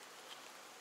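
An ALPAKA accessory clip, which is a little springy, is being snapped back onto a bag strap by hand, heard as a faint short tick around 0.3 s over a steady broadband hiss. Nothing has seated or clicked home yet.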